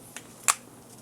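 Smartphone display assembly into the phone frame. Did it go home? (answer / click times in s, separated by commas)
yes / 0.5 s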